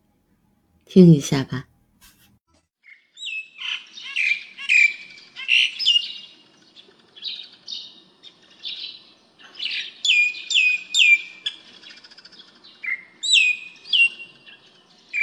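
Birds sing in quick, bright chirping phrases that start around three seconds and continue almost without pause to the end. Just before that, a single loud, harsher call sounds near the one-second mark. The background is otherwise quiet.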